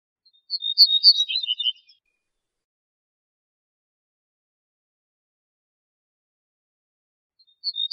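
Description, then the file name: Ortolan bunting song, a quick run of bright notes ending in lower notes, a long pause, then another phrase starting. "suara kicauan ortolan"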